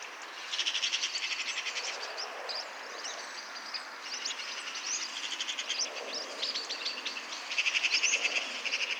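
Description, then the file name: Eurasian magpie giving harsh rattling chatter, loudest at the start and again near the end. "Pica pica"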